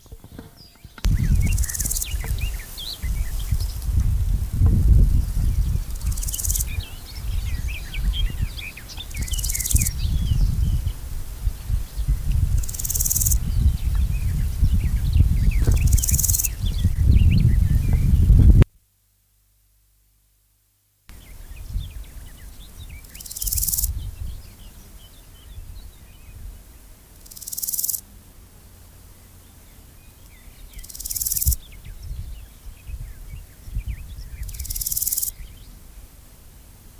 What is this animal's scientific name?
Chorthippus montanus